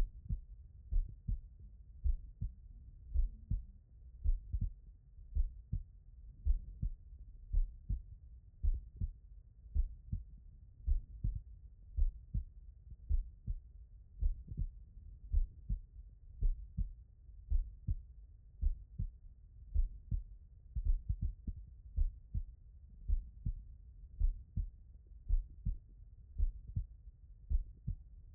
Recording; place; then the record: heart sounds by stethoscope; tricuspid valve (TV)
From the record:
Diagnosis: non-HFrEF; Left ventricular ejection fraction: 62%